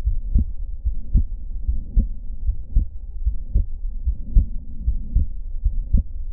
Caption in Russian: Легкая трикуспидальная недостаточность, блокада правой ножки пучка ГИСа, отеков нет, но пациентка передвигается с трудом даже в пределах комнаты. В действительности, тут второй тон едва заметно расщепляется на вдохе. Пульмональная точка – акцент пульмонального компонента второго тона. Высокочастотный систолический шум трикуспидальной недостаточности.